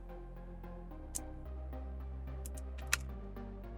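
Over steady background music, the small front selfie camera module of a broken Galaxy S10e smartphone is freed from its mainboard mount after the part holding it has been removed. Among a few light ticks, a sharp pop at 2.9 s marks the module coming out, and it is released from the mount.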